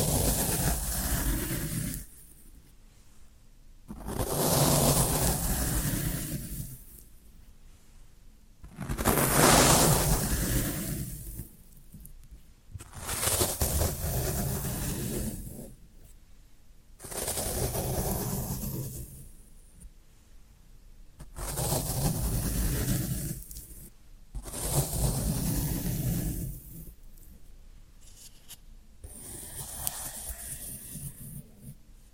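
Floral foam being worked in repeated rough, crackly bursts, each lasting two or three seconds with short quiet pauses between. About seven bursts come at a fairly regular pace, every four to five seconds, full and gritty from low to bright, the last one weaker.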